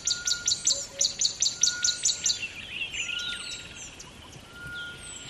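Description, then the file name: Bird delivering a rapid string of high clipped chirps, followed by lower warbling and whistles. Close bird at dawn beside a river in the bush. "ATMO BUSH River Dawn Bird Close"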